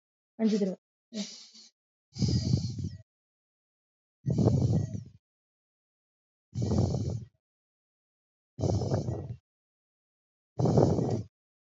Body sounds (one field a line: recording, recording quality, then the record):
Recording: deep breathing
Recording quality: excellent, no background noise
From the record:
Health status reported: recovered from COVID-19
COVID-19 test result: negative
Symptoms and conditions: cough, cold, breathing difficulty, fever, hypertension, diabetes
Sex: male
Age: 53 years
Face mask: not worn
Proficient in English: yes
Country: India